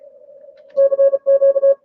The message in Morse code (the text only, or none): CQ